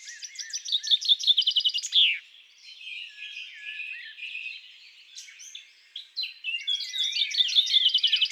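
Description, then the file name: Common chaffinch song: a fast series of repeated notes descending into a terminal flourish at two seconds, followed by softer chirps from other birds and another trill near the end. In woods and forests. "Pinson des arbres Chants doiseaux des bois et des forets"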